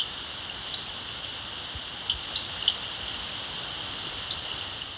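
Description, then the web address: Brown-backed chat-tyrant giving short, high, thin call notes, three spaced about one and a half to two seconds apart, over faint steady hiss. Recorded in Ecuador. "Birds of Ecuador 3-07 Brown-Backed Chat-Tyrant"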